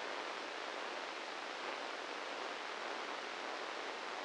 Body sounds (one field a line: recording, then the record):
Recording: brain microelectrode recording played as sound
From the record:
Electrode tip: inside the subthalamic nucleus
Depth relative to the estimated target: 1 mm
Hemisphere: right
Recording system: NeuroSet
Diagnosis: Parkinson's disease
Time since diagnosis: 10 years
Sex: male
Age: 56 years